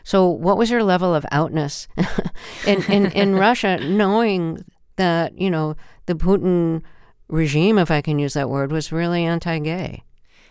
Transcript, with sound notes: So what was your level of out-ness...
(LAUGHTER)
...In Russia knowing that, you know, the Putin regime, if I can use that word, was really anti-gay?